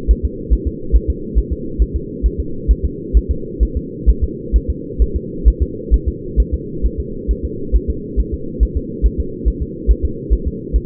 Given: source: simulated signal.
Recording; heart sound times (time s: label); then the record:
fetal heart sounds
0.11 s: S1
0.25 s: S2
0.53 s: S1
0.68 s: S2
0.96 s: S1
1.10 s: S2
1.38 s: S1
1.53 s: S2
1.82 s: S1
1.96 s: S2
2.26 s: S1
2.40 s: S2
2.71 s: S1
2.85 s: S2
3.17 s: S1
3.31 s: S2
3.63 s: S1
3.77 s: S2
4.09 s: S1
4.24 s: S2
4.56 s: S1
4.70 s: S2
5.02 s: S1
5.16 s: S2
5.48 s: S1
5.62 s: S2
5.94 s: S1
6.08 s: S2
6.40 s: S1
6.54 s: S2
6.86 s: S1
7.00 s: S2
7.31 s: S1
7.45 s: S2
7.76 s: S1
7.90 s: S2
8.20 s: S1
8.34 s: S2
8.63 s: S1
8.77 s: S2
9.06 s: S1
9.20 s: S2
9.48 s: S1
9.62 s: S2
9.91 s: S1
10.05 s: S2
10.33 s: S1
10.48 s: S2
10.76 s: S1
From the record:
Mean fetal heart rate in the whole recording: 135 bpm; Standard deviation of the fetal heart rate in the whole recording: 3 bpm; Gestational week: 34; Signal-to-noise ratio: -4.3 dB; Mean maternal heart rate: 72 bpm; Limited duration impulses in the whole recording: absent